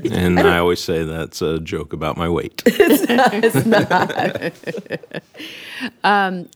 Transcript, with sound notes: And I always say that’s a joke about my weight.
(laughter) It’s not!